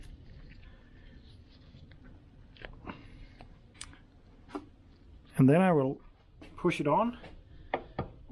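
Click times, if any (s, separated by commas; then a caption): 7.7 s. A greased driveshaft joint on a Renault Clio 1.8 16V is pressed by palm and pushed by hand into the wheel bearing/hub, with faint ticks and handling noises while someone talks. A sharp, loud click at 7.7 s marks the joint seating home.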